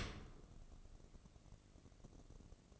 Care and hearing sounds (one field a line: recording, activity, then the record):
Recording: daily activity, microphone in the room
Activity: open dishwasher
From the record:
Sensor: 4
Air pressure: 1013.2 hPa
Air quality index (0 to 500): 178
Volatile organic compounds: 2 ppm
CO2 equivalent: 1119 ppm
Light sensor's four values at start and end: 84/208/87/90 and 85/210/87/90